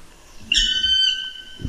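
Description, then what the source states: Black woodpecker giving a single drawn-out wailing note, clear and harmonic-rich, holding steady before fading. Plaintive wailing call (Klagen) that startles unfamiliar listeners; described as melancholic, possibly mistaken for a bird of prey or mammal. Played from a recording.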